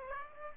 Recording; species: mosquito wingbeat signal from an infrared sensor; Aedes aegypti